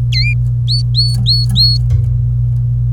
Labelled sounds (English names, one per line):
Domestic Canary song